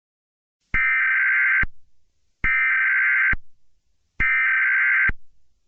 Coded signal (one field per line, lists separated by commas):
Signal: Emergency Alert System (SAME) tones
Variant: header bursts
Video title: EAS Scenario #3: Pharoh's Fury